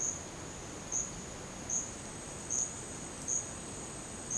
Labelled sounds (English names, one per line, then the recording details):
none
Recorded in dense forest near Puerto Asís, Putumayo, Colombia, on 19 June 2025 at 12:30
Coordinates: 0.484, -76.317
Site G045